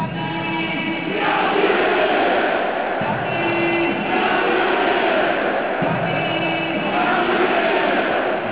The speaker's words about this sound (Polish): za chwilę stadion będzie standował nazwisko strzelca bramki, a zatem Hiszpana Daniego Ramireza.